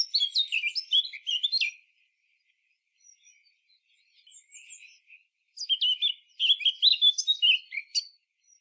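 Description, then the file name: Eurasian blackcap giving rich, varied warbling phrases of quick high notes, a softer quieter passage in the middle, then another lively warble. "Sylvia atricapilla"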